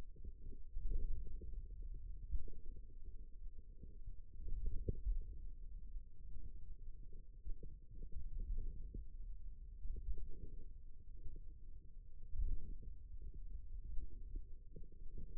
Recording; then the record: forearm muscle sounds (acoustic myography)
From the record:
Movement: pen grasping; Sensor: system 2, bracelet of six BSWA MPA416 microphones around the upper forearm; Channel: 3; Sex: male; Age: 22 years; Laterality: right